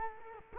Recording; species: mosquito wingbeat signal from an infrared sensor; Culex quinquefasciatus